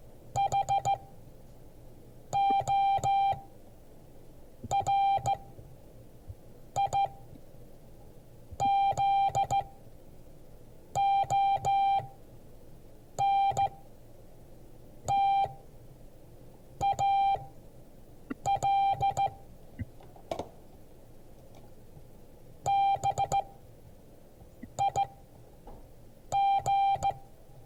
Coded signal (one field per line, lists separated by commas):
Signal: Morse code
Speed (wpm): 15 wpm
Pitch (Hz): 790 Hz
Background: music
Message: HORIZONTAL BIG